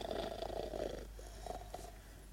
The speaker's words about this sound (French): Hein? On a ronflé dans mon alcôve? Donc, un petit bonhomme, j'ai ramené quelqu'un sans m'en apercevoir.